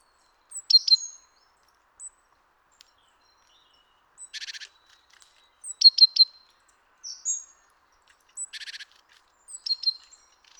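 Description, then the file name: Great tit calls: clusters of sharp high chips alternating with brief harsh buzzy chatters, repeated every few seconds with silence between. "Parus major"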